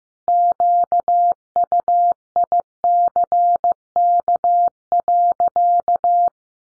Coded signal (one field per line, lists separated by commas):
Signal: Morse code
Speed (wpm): 15 wpm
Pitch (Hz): 700 Hz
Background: none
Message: QUICK.